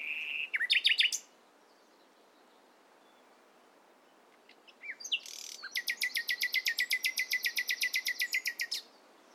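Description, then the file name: Common nightingale: a brief burst of notes, a long pause, then a sustained, rapid and even series of repeated chirps lasting about three seconds. "Luscinia megarhynchos"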